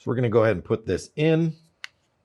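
Someone talks while a CR123A lithium battery is brought up to the open battery holder of a mask fan unit, followed by a single brief tick near 1.8 s. The battery is only being handled and has not yet seated or clicked into the holder.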